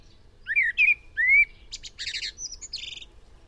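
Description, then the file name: Eurasian blackbird song phrase: three clear, fluting whistles sliding up and down, then a rapid, high-pitched, scratchy twitter to close. "Turdus merula"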